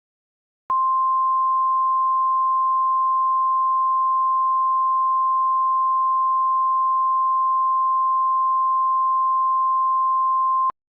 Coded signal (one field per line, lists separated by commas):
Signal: Emergency Alert System (SAME) tones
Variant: 1050 Hz attention tone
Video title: EAS Scenario | The Sun Explodes